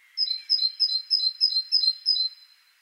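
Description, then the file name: Great tit, a run of seven ringing two-note phrases, high then slightly lower, evenly spaced. "Parus major"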